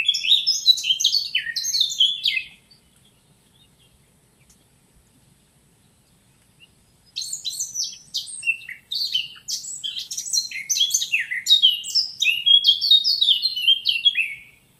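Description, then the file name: Eurasian blackcap song, a rapid warbling burst of varied high notes, then a pause of several seconds before a longer jumbled warble resumes. "Sylvia atricapilla"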